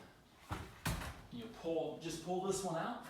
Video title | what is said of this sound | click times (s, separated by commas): Assembly instructions for Build Together canvas frame kit | you're going to open it and you're going to hear it lock into place the lock | 0.9 s